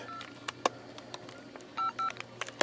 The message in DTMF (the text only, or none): 2 55